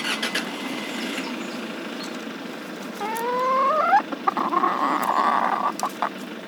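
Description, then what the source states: Chicken calls: one rising harmonic squawk midway, followed by a broad noisy cackle, over a continuous low background hum. More than one chicken.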